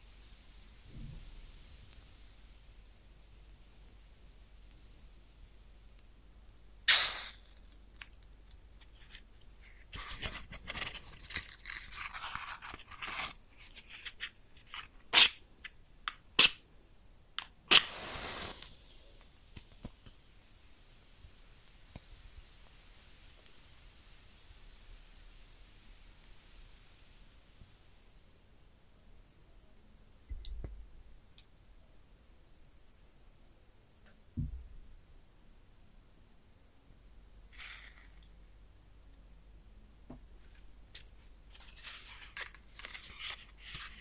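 Close-up matches are struck and lit, with sharp scrapes and flares around 7, 10 to 13 and 15 to 18 seconds over a steady bright hiss of burning. After the hiss fades near 28 seconds, sparse soft taps and light crackles follow.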